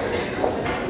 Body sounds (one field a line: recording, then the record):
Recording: background sound without coughing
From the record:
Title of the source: 40 min - Ambience sounds UNIVERSITY lunchroom chatting